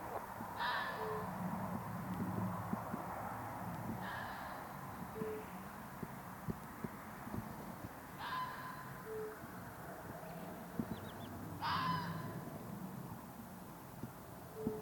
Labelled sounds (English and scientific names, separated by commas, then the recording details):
Red Fox (Vulpes vulpes)
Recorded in the wild
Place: Bernau bei Berlin, Börnicker Feldflur, Brandenburg, DE
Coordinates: 52.667, 13.625
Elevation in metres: 86
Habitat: open countryside
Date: 2023-05-03 21:31
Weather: 16°C
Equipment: Sound Devices 702, Sennheiser MKH 415 T, Rhode Windschutz
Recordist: Frommolt, Karl-Heinz